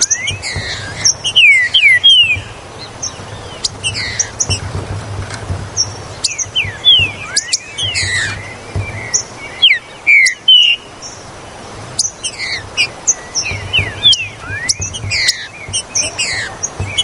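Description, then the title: Green-winged saltator song: scattered falling whistled phrases throughout, interleaved with high chirps and clicks and a steady low hum. "Trinca Ferro Ao Maximo Trinca Ferro Maquin"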